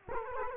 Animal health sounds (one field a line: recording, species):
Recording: mosquito wingbeat signal from an infrared sensor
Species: Culex quinquefasciatus